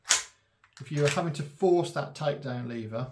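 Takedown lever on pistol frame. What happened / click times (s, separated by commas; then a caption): The latch lever snapped down into place / 0.1 s. The takedown lever on the frame of a Springfield XDM 4.5mm CO2 BB pistol is rotated down after the slide is put back onto the frame, and it snaps down with one loud, sharp snap at 0.1 s. The lever is seated. After a short quiet, someone talks.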